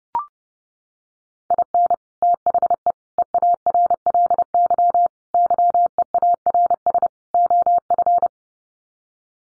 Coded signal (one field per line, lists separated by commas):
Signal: Morse code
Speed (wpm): 30 wpm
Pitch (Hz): 700 Hz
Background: none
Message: IN THE EARLY YEARS OF